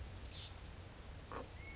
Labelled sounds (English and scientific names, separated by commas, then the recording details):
Chestnut-backed Chickadee (Poecile rufescens)
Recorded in Sonoma County, California